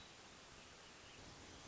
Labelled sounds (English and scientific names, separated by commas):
Hermit Thrush (Catharus guttatus)